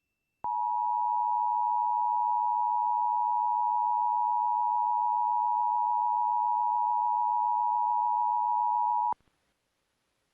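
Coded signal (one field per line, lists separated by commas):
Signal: Emergency Alert System (SAME) tones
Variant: 853 and 960 Hz attention tone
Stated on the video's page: Severe thunderstorm warnings and Pennsylvania Required Monthly Test catches; the last alert has a rendering glitch producing a bad noise.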